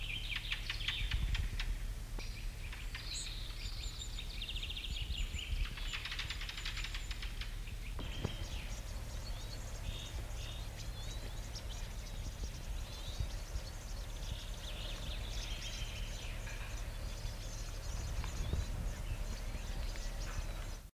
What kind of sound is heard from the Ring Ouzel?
call